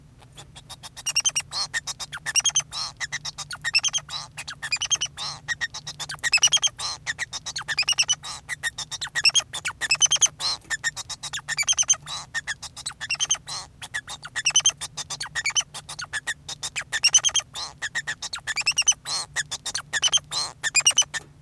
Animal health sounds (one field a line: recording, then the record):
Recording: song of a male Bengalese finch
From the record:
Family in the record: son of father 2